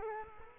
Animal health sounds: mosquito wingbeat signal from an infrared sensor; Culex quinquefasciatus

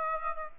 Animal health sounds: mosquito wingbeat signal from an infrared sensor; Aedes aegypti

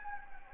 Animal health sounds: mosquito wingbeat signal from an infrared sensor; Anopheles gambiae

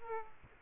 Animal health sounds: mosquito wingbeat signal from an infrared sensor; Aedes aegypti

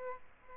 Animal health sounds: mosquito wingbeat signal from an infrared sensor; Aedes aegypti

